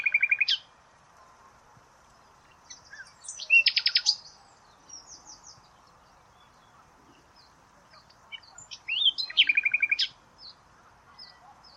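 Bird song: bursts of buzzy, rapidly repeated notes and trills separated by pauses, with softer scattered chirps between phrases.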